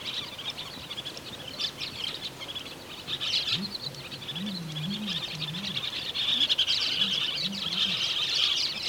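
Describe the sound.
Andean parakeet flock chatter: continuous high, shrill chirps, busier toward the end, over a faint low wavering hum.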